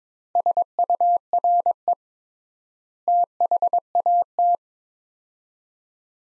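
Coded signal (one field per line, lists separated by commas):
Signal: Morse code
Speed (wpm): 21 wpm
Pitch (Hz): 700 Hz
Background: none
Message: SURE THAT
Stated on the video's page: Morse practice at 22 wpm: sets of five words with 3x standard word spacing, a word-level Farnsworth-style method; each set is sent, spoken, then sent again.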